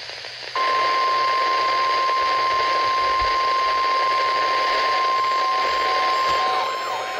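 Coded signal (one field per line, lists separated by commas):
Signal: Emergency Alert System (SAME) tones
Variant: 1050 Hz attention tone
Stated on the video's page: NOAA Weather Radio required weekly tests received by long-distance DX reception during a band opening.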